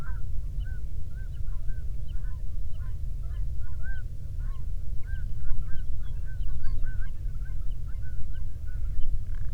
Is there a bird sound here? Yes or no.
yes